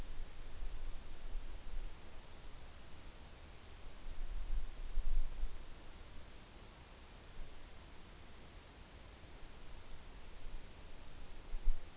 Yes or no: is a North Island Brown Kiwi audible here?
no